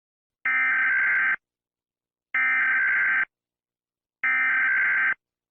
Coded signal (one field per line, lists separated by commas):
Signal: Emergency Alert System (SAME) tones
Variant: header bursts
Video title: 10/29/93 EAS